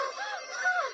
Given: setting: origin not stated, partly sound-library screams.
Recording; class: one-second piece from a danger detection set; woman in danger